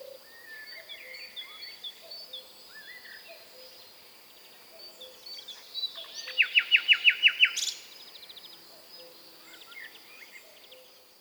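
Common nightingale song: a brief burst of about eight rapid, loud repeated notes midway, set against a busy background chorus of other birds' chirps and whistles.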